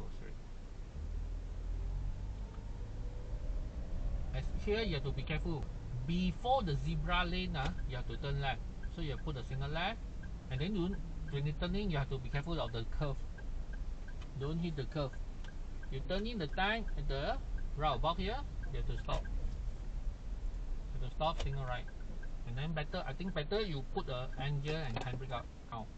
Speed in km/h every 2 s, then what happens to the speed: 7, 16, 19, 20, 18, 15, 10, 5, 5, 5, 5, 0, 0.
0-6 speeds up to 20. 6-13 slows to 5. 13-21 steady at about 5. 21-26 standing.